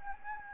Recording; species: mosquito wingbeat signal from an infrared sensor; Anopheles gambiae